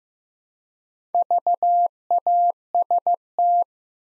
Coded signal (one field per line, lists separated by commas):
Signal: Morse code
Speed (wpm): 15 wpm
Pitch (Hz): 700 Hz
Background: none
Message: VAST